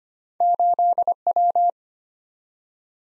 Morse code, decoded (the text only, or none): 8W